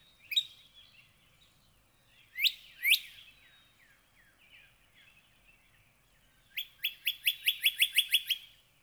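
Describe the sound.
Northern cardinal song: one sharp note, then a pair of upswept whistles, some faint chirps, and finally a quick run of about ten clipped repeated notes.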